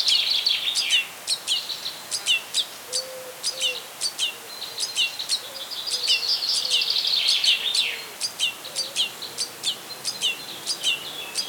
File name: Pinar-1 Trencapinyes Camí-de-s Arxiduc 150621 11 h